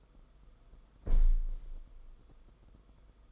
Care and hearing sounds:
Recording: daily activity, microphone in the room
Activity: close window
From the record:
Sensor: 5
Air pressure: 990.5 hPa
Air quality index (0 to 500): 163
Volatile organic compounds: 287 ppm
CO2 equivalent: 4452 ppm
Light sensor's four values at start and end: 18/42/17/18 and 17/42/17/18

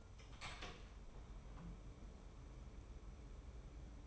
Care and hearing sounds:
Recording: daily activity, microphone in the room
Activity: open door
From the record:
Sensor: 1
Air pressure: 1015.2 hPa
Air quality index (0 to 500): 145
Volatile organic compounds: 7 ppm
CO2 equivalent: 2007 ppm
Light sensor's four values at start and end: 14/32/14/15 and 14/32/14/15

